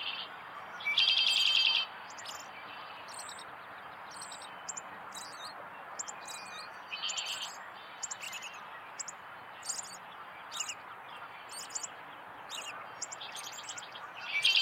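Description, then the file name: American robin calling, a few harsh rattling bursts mixed with many thin, high-pitched chips and squeaks over a steady background hiss. "Turdus migratorius - American Robin"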